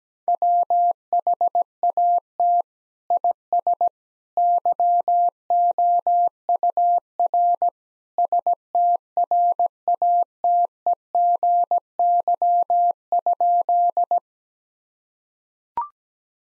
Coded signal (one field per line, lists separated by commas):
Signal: Morse code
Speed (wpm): 17 wpm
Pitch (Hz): 700 Hz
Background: none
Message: WHAT IS YOUR STRATEGY?